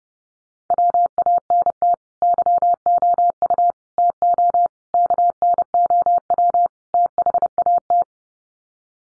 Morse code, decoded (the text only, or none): WANT YOU TO KNOW THAT